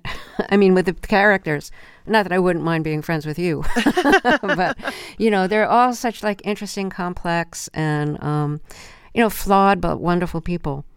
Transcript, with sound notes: I mean with the characters - not that I wouldn't mind being friends with you.
(LAUGHTER)
But, you know, they're all such, like, interesting, complex and, you know, flawed but wonderful people.